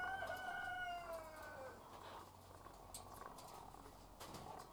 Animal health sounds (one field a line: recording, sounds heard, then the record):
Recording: poultry house recording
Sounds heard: sick chickens (respiratory disease)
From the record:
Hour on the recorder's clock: 12